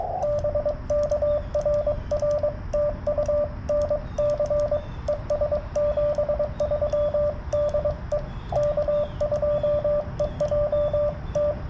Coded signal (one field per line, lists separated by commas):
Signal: Morse code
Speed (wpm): 22 wpm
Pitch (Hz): 590 Hz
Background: radio noise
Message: BK RR TU NC ES 73 DE K2EJT